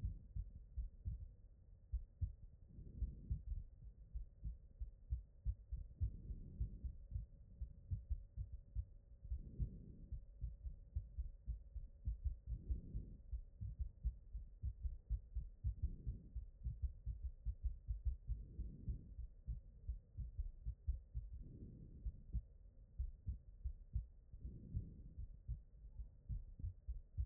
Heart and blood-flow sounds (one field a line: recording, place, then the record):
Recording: heart sounds by stethoscope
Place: aortic valve (AV)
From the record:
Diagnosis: HFrEF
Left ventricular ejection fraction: 38%